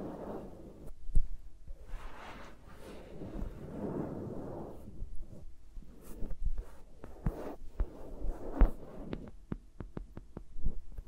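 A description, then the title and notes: Fingers rub and brush against microphones, making soft swishing rustles broken by frequent sharp taps and thumps, busier in the second half. ASMR with Mics Around My Fingers (No Talking).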